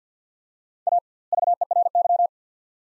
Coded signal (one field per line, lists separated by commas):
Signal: Morse code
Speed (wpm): 50 wpm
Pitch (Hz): 700 Hz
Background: none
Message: A VERY